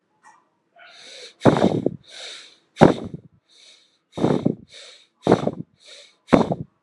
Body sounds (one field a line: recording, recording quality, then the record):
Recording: shallow breathing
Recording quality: excellent, no background noise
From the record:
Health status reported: healthy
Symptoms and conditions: none ticked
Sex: male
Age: 24 years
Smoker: yes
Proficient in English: yes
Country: India